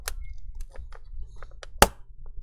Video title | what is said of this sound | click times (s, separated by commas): Macbook Pro A2159 A2289 A2251 Screen Replacement | and you hear that little click | 1.8 s